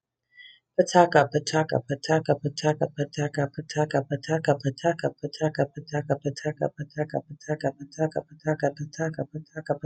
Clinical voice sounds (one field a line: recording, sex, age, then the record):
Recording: repeated syllables /pa ta ka/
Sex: female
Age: 30 to 39 years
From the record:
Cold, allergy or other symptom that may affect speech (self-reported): no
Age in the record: 37 years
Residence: South Dakota, United States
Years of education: 15